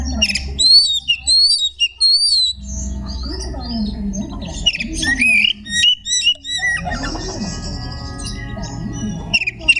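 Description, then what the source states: Magpie-robin giving whistled, looping notes and chattering phrases in uneven bursts, some high and slurred, over low background rumble. Song style called tembakan ngekek.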